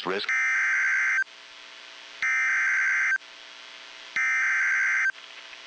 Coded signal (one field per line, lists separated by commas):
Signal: Emergency Alert System (SAME) tones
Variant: header bursts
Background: speech